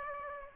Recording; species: mosquito wingbeat signal from an infrared sensor; Aedes aegypti